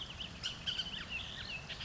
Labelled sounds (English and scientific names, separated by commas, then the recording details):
Bullock's Oriole (Icterus bullockii)
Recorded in Sonoma County, California